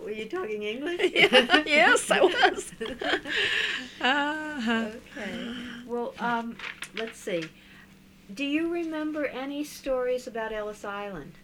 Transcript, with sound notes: Were you talking English?
Yes, I was. ( they laugh )
Okay. Well, let's see. Do you remember any stories about Ellis Island?